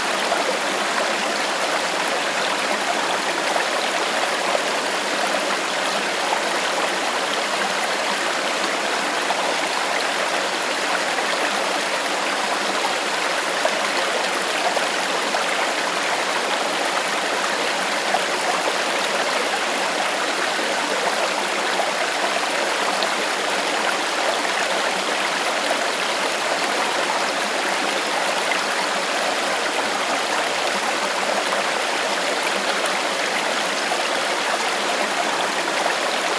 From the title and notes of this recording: The calming sounds of a gentle stream. The gentle gurgling, bubbling, and splashing sounds. This episode features only natural soundscapes with no dialogue or voice.